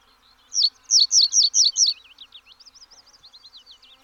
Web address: reed bunting call sound effect